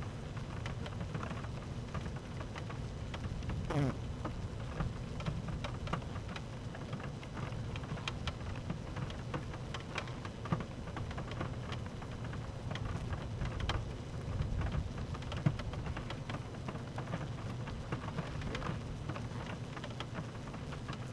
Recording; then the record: honeybee colony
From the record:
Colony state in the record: active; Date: 12 June 2018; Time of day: 13:06